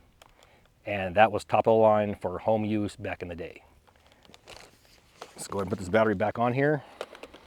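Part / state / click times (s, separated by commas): battery pack into camcorder battery mount / not seated / none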